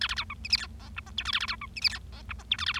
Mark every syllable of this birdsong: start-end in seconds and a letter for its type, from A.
0.01-0.07 A, 0.09-0.14 A, 0.16-0.24 B, 0.30-0.34 C, 0.44-0.48 D, 0.50-0.56 E, 0.57-0.67 F, 0.80-0.89 G, 0.96-1.00 H, 1.06-1.10 I, 1.17-1.23 J, 1.25-1.31 K, 1.33-1.39 A, 1.40-1.46 A, 1.48-1.55 B, 1.61-1.67 C, 1.76-1.80 D, 1.82-1.89 E, 1.90-1.98 F, 2.12-2.22 G, 2.29-2.33 H, 2.39-2.43 I, 2.51-2.56 J, 2.58-2.65 K, 2.66-2.73 A, 2.74-2.79 A